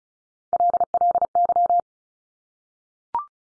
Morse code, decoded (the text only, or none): LLY